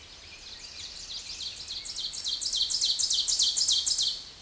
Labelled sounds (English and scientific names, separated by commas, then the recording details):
Ovenbird (Seiurus aurocapilla) song
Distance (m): 5 m
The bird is about 5 m above the microphone
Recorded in a Pennsylvania forest on 16 May 2024 at 07:11
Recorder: AudioMoth, point MSD-0475
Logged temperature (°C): 12.3 °C
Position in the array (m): 147 m, 6 m